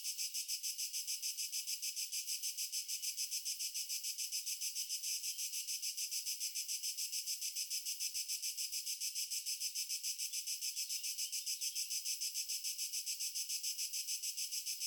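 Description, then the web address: A constant cricket chorus of high, regular pulsing chirps, about three or four each second, runs unbroken throughout. Crickets in a natural ambience. "GDC 2023-Game Audio Bundle Stefano Cremona - Pure Nature Ambiences Crickets"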